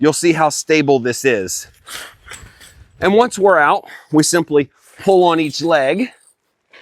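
Someone talks while pulling a leg of a FanttikOutdoor Zeta A2 Pro pop-up shower tent frame outward toward its locking hub. The leg lock has not popped into place or clicked yet.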